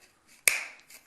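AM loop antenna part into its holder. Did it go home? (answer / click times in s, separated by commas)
yes / 0.5 s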